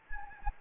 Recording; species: mosquito wingbeat signal from an infrared sensor; Anopheles gambiae